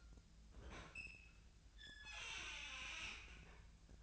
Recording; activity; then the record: daily activity, microphone in the room; open fridge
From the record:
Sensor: 2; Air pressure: 1009.5 hPa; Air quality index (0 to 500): 185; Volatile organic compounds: 11 ppm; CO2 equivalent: 2301 ppm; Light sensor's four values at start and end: 23/57/24/26 and 23/56/24/26